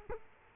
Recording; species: mosquito wingbeat signal from an infrared sensor; Culex quinquefasciatus